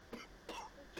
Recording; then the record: coughing mixed with background sound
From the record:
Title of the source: Coughing 60